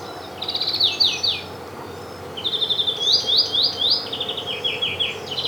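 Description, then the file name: European greenfinch giving quick trilled twitters in bursts of sliding chirps over constant low background noise. "Chloris chloris"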